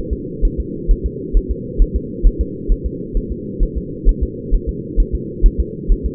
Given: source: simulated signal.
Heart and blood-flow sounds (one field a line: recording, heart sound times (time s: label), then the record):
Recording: fetal heart sounds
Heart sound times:
0.13 s: S2
0.45 s: S1
0.60 s: S2
0.91 s: S1
1.06 s: S2
1.37 s: S1
1.51 s: S2
1.82 s: S1
1.96 s: S2
2.27 s: S1
2.41 s: S2
2.72 s: S1
2.86 s: S2
3.17 s: S1
3.32 s: S2
3.63 s: S1
3.78 s: S2
4.09 s: S1
4.23 s: S2
4.54 s: S1
4.69 s: S2
5.00 s: S1
5.15 s: S2
5.46 s: S1
5.60 s: S2
5.92 s: S1
6.06 s: S2
From the record:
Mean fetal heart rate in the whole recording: 130 bpm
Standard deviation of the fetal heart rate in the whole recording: 4 bpm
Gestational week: 38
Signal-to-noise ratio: -4.1 dB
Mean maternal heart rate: no maternal heart sound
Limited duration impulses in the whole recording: absent